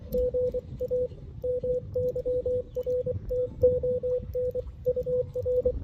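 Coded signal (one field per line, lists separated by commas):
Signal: Morse code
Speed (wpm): 24 wpm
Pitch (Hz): 500 Hz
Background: radio noise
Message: GA MYRTON UR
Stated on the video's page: CW during a solo Lakes and Lagoons on the Air activation with DX contacts, keyed on a Putikeeg key; background noise from a nearby event.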